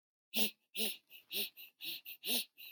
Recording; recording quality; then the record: shallow breathing; excellent, no background noise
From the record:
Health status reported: exposed to COVID-19, no respiratory illness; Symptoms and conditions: none ticked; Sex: female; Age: 18 years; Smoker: not ticked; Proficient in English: yes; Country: Canada